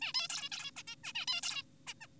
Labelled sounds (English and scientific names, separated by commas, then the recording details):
Zebra Finch (Taeniopygia guttata)
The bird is an adult
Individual g4p5U